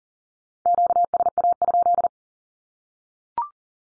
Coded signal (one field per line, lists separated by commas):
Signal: Morse code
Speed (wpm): 40 wpm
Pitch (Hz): 700 Hz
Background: none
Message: QSA?